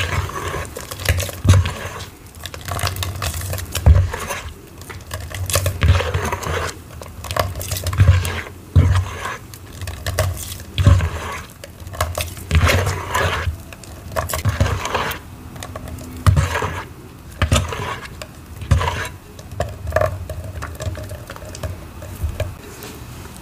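Mixing of a thick paste: irregular wet squelches and crinkly scrapes come in uneven bursts. Soft low knocks land every few seconds, around 1, 4, 8 and 11 seconds, with brief quieter pauses between stirring strokes.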